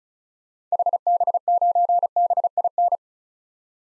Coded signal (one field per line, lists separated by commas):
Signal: Morse code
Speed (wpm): 36 wpm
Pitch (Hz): 700 Hz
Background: none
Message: HB9BIN